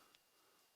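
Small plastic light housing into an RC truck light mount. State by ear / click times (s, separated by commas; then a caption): seated / 0.2 s. A small plastic light housing is unclipped and then clipped back into its light mount on an RC tow truck. It seats with one short, light tick at 0.1 s, and only a faint background hiss is heard before and after.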